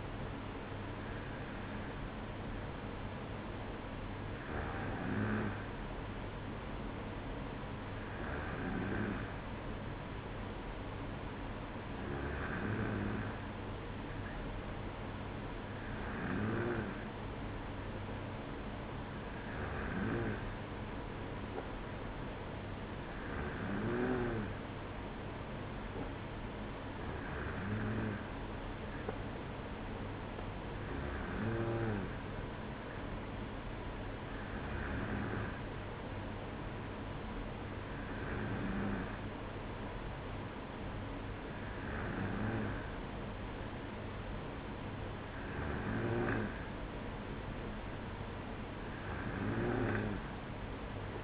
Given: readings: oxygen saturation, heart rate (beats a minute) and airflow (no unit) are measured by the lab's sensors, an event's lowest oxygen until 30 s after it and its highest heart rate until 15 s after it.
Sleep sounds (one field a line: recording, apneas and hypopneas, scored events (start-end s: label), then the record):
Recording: breathing in sleep by a voice recorder at the bedside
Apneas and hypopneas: none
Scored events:
none scored
From the record:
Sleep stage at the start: N2 (light sleep)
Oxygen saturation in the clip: 94%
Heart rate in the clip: 55 to 57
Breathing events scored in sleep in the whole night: 305 in 9.6 hours asleep